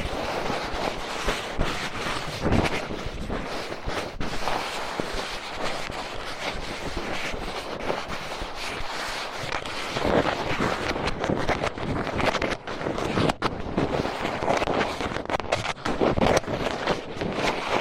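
Fast, intense ear cleaning: dense, scratchy rubbing and rustling that runs without pause for the whole stretch. Quick strokes and sharp crackles come in rapid bursts, with the scraping growing harsher and brighter in the second half, around ten seconds on.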